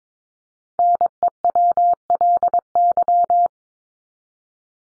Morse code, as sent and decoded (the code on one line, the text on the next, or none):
-. . .-- .-.. -.--
NEWLY